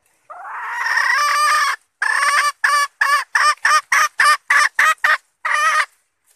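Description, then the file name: Red junglefowl hen opening with a long grating note, then a rhythmic string of short harsh clucks, about three to four per second, ending with a longer note. Female red junglefowl calling to find a mate. "tieng ga rung mai keu tim kiem ban tinh"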